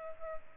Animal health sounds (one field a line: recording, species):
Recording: mosquito wingbeat signal from an infrared sensor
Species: Culex pipiens